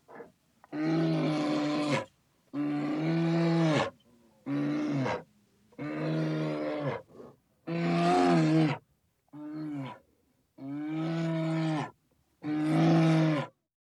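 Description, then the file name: Bear giving a series of deep, harmonic roars, about eight bellows of under a second to about one and a half seconds each, with brief silent gaps between them. "Zvuki lesnyh zhivotnyh - Medved"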